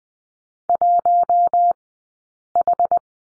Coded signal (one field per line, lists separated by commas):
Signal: Morse code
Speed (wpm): 20 wpm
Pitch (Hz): 700 Hz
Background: none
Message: 1H